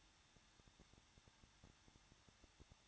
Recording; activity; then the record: daily activity, microphone in the room; no activity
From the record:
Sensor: 3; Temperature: 21.2 degrees Celsius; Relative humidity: 36.4%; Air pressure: 1006.3 hPa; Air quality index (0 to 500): 223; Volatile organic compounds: 42 ppm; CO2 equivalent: 3180 ppm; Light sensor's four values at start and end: 2/3/2/2 and 2/3/2/2